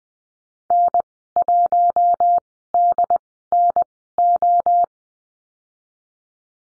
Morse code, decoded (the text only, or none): N1DNO